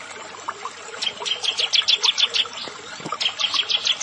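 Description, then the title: Prinia delivering a brisk series of high clipped notes, pausing briefly before resuming. "Ciblek Sawah"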